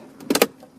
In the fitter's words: end panel will be snapped back into place as well and now